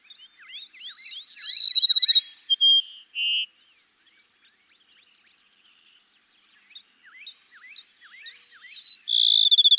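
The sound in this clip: Cassin's sparrow singing twice, each a clear high whistle running into a fast pulsing trill, the first followed by brief notes, with many softer chirps around and between the songs.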